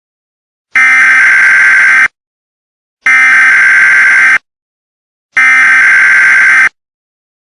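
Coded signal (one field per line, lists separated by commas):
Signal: Emergency Alert System (SAME) tones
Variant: header bursts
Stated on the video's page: Fictional EAS scenario about severe winter storms and a snow tornado, not a real alert.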